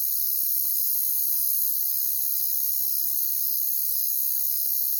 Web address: Natures Songs Sleep Sounds of Nature CRICKETS Crickets